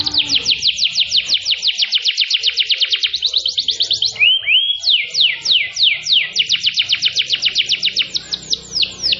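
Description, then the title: Canary song: long runs of fast downward-sweeping whistled notes in rolling trills, interrupted briefly by two slurred rising whistles before the rapid trill resumes. Luxury canary singing a long-duration cengkok song, the local name for its song style. "Cengkok Kenari Mewah. Kenari mewah durasi panjang. Cengkok enak gaya istimewa"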